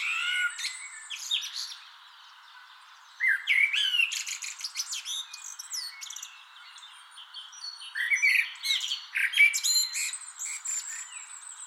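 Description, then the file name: Common blackbird chattering with squeaky chirps and high twittering notes in uneven bursts, separated by a quiet spell near the start. "Turdus merula"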